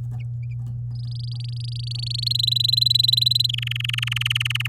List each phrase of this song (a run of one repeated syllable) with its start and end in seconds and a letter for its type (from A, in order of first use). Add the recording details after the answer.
0.95-2.33 A, 2.35-3.47 B, 3.49-4.67 C. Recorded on 10 May 2018 at 06:18. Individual llb16